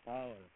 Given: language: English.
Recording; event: throat vibration sensor signal played as sound; speech